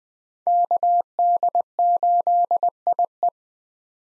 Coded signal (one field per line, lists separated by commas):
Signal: Morse code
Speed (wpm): 20 wpm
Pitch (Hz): 700 Hz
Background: none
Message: KD8IE